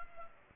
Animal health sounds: mosquito wingbeat signal from an infrared sensor; Culex pipiens

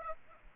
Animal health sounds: mosquito wingbeat signal from an infrared sensor; Aedes aegypti

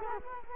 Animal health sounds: mosquito wingbeat signal from an infrared sensor; Culex quinquefasciatus

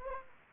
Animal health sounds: mosquito wingbeat signal from an infrared sensor; Anopheles arabiensis

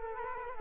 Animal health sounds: mosquito wingbeat signal from an infrared sensor; Culex quinquefasciatus

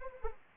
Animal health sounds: mosquito wingbeat signal from an infrared sensor; Anopheles arabiensis

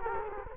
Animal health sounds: mosquito wingbeat signal from an infrared sensor; Culex quinquefasciatus

